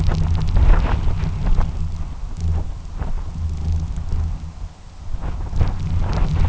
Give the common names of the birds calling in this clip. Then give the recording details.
none. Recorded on Arctic tundra, site UTQI-2, on 12 June 2019. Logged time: 04:00